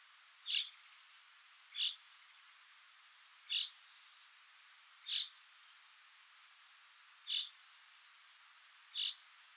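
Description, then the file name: Common chaffinch giving six short, sharp call notes spaced one and a half to two seconds apart over steady faint hiss. "Fringilla coelebs"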